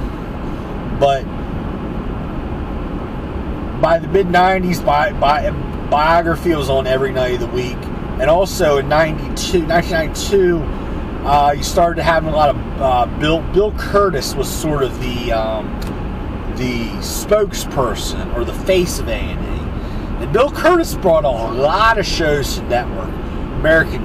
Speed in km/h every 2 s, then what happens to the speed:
85, 85, 85, 84, 85, 85, 87, 87, 85, 85, 85, 87.
0-24 steady at about 85.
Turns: none.